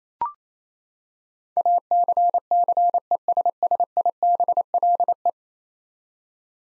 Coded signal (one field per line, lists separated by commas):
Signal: Morse code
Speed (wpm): 28 wpm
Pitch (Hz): 700 Hz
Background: none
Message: ACCESSIBLE